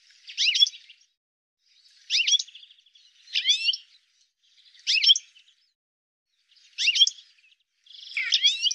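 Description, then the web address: Bird giving brisk chattering chirps, six separate bursts spaced roughly a second or more apart, each a quick cluster of sharp notes. "cianscape birddata"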